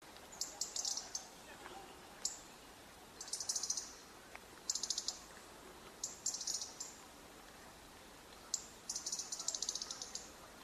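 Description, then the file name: European robin ticking calls, short bursts of rapid, high, dry clicks at irregular intervals over a soft steady background hiss. "Erithacus rubecula"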